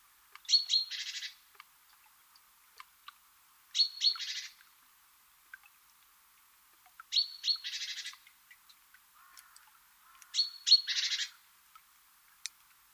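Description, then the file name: Great tit call phrases, each a pair of thin high notes followed by a harsh buzzing churr, repeated four times about every three seconds with faint ticks between. "Parus major"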